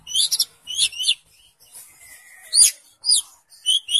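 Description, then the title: Oriental magpie-robin song: short bursts of high, sharp chirps and squeaky notes, grouped in brief phrases with pauses between, plus one faint longer whistle. "Kacer"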